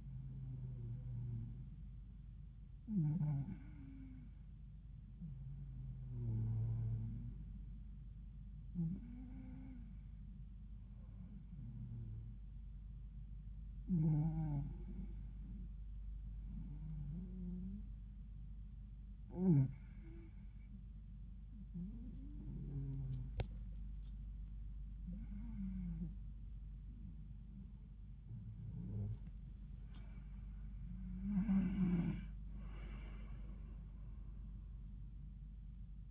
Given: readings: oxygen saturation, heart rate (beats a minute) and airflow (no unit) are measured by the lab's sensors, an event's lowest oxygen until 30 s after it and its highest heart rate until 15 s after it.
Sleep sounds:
breathing in sleep by a smartphone at the bedside; 1
16.00-30.10 s: hypopnea (N1, oxygen 94% highest, then 94% lowest, heart rate 83 at the start, 94 highest)
From the record:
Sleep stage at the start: N1 (lightest sleep); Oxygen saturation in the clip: 93 to 94%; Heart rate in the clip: 80 to 94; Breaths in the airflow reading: 6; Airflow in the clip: -20.4 to 15.2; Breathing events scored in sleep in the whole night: 400 in 8.7 hours asleep

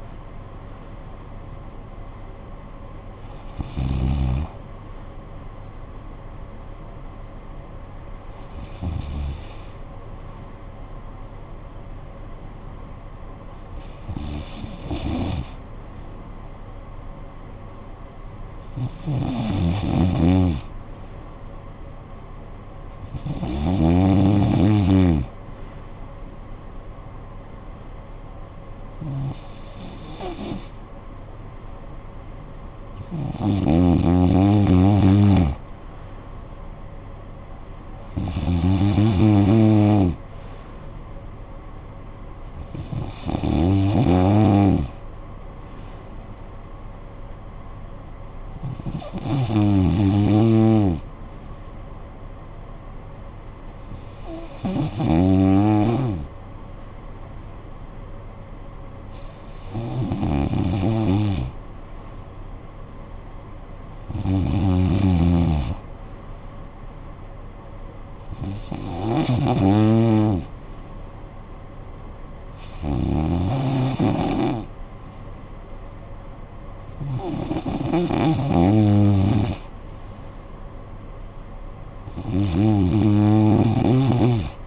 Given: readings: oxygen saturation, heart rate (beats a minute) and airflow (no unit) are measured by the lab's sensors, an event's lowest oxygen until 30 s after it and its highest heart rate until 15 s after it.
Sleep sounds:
breathing in sleep by a smartphone at the bedside; 1
11.00-30.50 s: hypopnea (REM, oxygen 96% highest, then 92% lowest, heart rate 57 at the start, 65 highest)
From the record:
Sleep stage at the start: REM sleep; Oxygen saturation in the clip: 92 to 96%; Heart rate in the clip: 53 to 78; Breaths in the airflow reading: 17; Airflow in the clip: -10.5 to 7.5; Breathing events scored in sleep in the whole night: 445 in 7.6 hours asleep

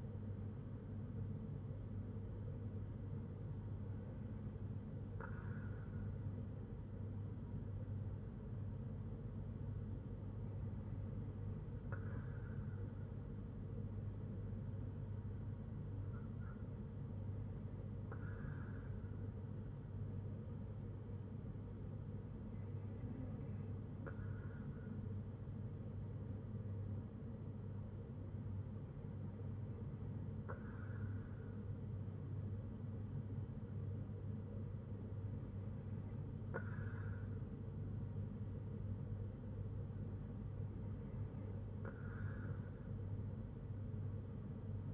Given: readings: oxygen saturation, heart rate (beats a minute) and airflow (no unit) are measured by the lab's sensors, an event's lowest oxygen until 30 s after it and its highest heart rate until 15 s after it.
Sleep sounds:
breathing in sleep by a smartphone at the bedside; none
none scored
From the record:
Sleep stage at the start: N2 (light sleep); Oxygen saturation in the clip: 94 to 95%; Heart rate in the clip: 59 to 70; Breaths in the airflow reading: 7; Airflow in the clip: -4.1 to 4.2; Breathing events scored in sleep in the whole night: 182 in 7.4 hours asleep

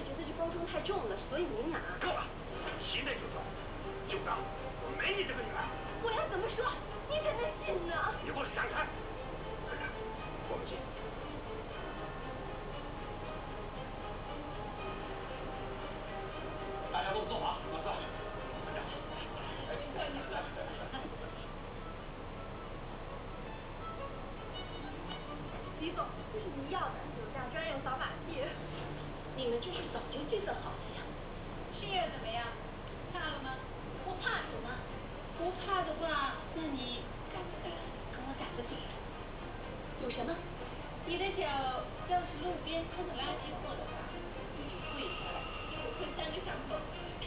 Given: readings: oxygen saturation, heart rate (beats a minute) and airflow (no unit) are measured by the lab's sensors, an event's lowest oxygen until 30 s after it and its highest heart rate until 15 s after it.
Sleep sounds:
a person awake in a sleep study, by a voice recorder at the bedside; none
0.00-47.27 s: awake
From the record:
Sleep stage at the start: awake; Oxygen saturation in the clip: 93 to 94%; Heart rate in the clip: 59 to 64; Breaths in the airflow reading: 15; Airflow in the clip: -4.6 to 5.2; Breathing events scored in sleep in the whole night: 476 in 9.7 hours asleep

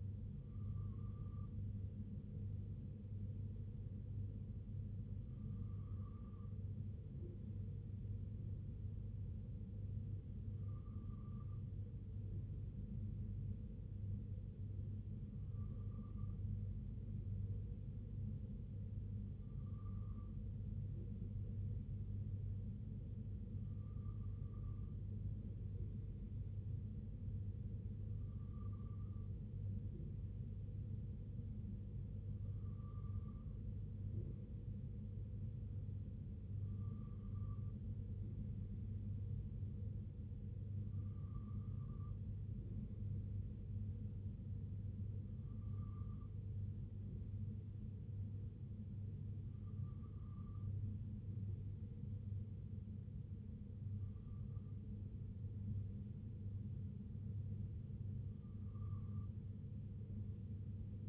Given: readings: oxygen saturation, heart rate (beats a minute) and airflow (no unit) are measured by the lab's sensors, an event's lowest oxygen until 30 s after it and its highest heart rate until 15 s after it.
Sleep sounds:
breathing in sleep by a smartphone at the bedside; none
14.00-61.09 s: new sleep stage, N3 (deep sleep)
From the record:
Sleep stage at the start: N2 (light sleep); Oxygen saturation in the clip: 94%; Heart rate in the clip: 60 to 66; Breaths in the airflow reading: 14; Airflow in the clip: -2.8 to 2.1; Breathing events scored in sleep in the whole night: 258 in 7.4 hours asleep

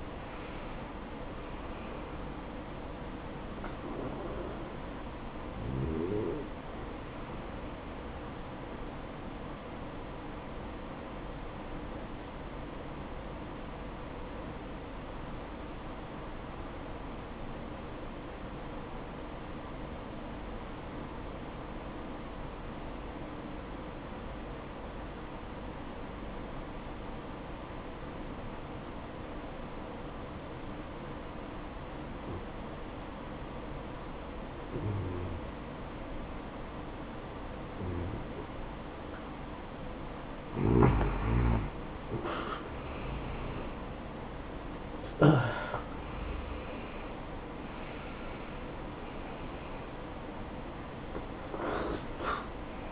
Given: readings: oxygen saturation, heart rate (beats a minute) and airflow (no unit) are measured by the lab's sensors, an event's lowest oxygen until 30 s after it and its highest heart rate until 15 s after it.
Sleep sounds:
breathing in sleep by a voice recorder at the bedside; 1
13.00-41.50 s: obstructive apnea (N1, oxygen 95% highest, then 86% lowest, heart rate 61 at the start, 76 highest)
16.00-46.00 s: new sleep stage, N2 (light sleep)
46.00-52.92 s: new sleep stage, N1 (lightest sleep)
From the record:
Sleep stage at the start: N1 (lightest sleep); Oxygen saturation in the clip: 83 to 95%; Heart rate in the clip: 57 to 78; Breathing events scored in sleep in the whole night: 573 in 9.8 hours asleep

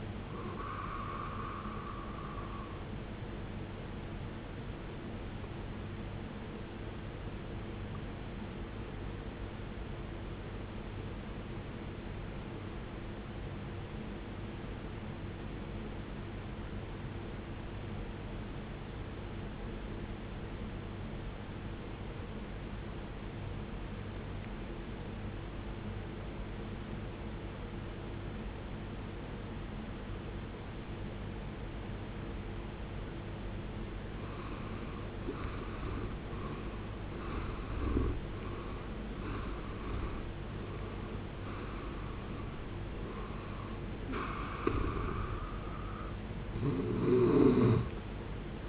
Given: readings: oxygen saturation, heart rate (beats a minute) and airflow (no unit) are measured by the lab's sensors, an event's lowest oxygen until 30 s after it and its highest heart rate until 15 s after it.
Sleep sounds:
breathing in sleep by a voice recorder at the bedside; 1
14.00-37.20 s: obstructive apnea (N2, oxygen 95% highest, then 78% lowest, heart rate 66 at the start, 77 highest)
26.00-48.69 s: new sleep stage, N1 (lightest sleep)
From the record:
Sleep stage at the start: N2 (light sleep); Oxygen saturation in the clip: 79 to 95%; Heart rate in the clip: 54 to 77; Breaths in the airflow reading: 6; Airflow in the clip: -15.8 to 18.8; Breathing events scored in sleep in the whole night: 389 in 6.3 hours asleep

